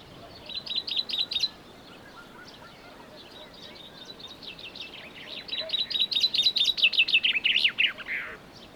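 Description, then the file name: Common chaffinch song: a short phrase at the start, then a full song of trilled phrases descending into a brief terminal flourish, over soft background hiss. "Fringilla coelebs"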